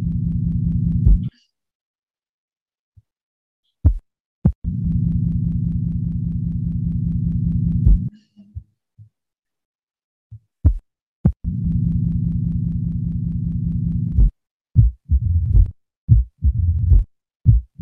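Heart sound simulator: a low-pitched mid-to-late diastolic murmur, a diastolic rumble, heard at the apex, typical of mitral stenosis.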